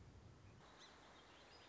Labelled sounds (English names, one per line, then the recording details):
Song Sparrow
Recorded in Sonoma County, California